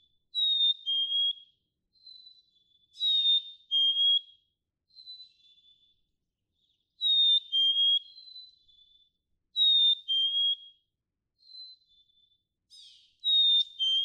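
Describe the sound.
Black-capped chickadee repeating clear high-then-low whistled songs, with fainter single whistles and a brief chatter between the louder phrases.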